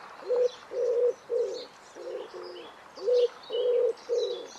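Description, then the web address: Bird uttering short, low cooing notes roughly every half second, with one slightly longer pause, while faint high chirps of other birds sound in the background. "cianscape. Deverinetal. Bird Only"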